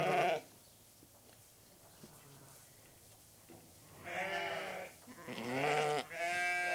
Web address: restless sheep in shed with distant birds